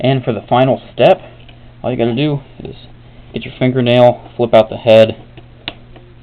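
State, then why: Seated. Someone talks while using a fingernail to flip out the head of a plastic Hasbro Transformers Generations 30th Hoist (Deluxe Class) transforming figure. A sharp click at 5.7 s marks the head locking into place in the torso, fully seated.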